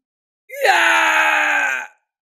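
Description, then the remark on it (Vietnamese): A man lets out a single loud, agonized scream as a golden war spear pierces his back and drags him flying. The scream rises sharply at the start, then is held strained and steady for over a second before cutting off abruptly. No other voices or sounds. “Kim Xích Tiêu hét thảm, bị hoàng kim chiến mâu xuyên thấu kéo đi bay ra ngàn trượng, ghim trên vách núi phía trước, thanh mâu vàng rung động, máu tươi tràn ra.”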